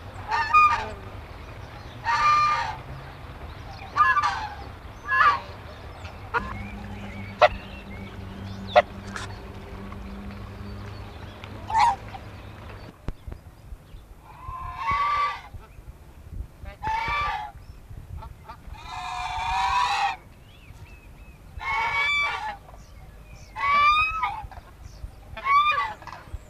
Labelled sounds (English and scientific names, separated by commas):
Swan Goose (Anser cygnoides) call